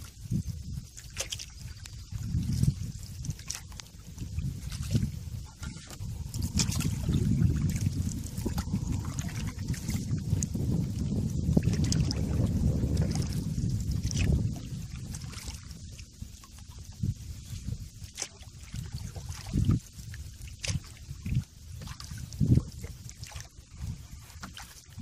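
A canoe drifts on a lazy river, low hull knocks and paddle bumps recurring, with a dense rumbling stretch midway and light wind.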